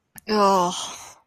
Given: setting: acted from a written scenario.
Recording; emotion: vocal sound without words; shame